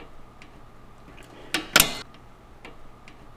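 A flathead screwdriver stretches the new metal return spring of the parking brake cable over a bump on the rear brake caliper lever arm of a Grand Caravan (2008-2020, Mark V) or Town & Country. A sharp snap sounds at 1.5 s, followed by a brief louder metallic rattle near 1.8 s, over quiet background noise. The spring seats in the groove on the underside of the arm.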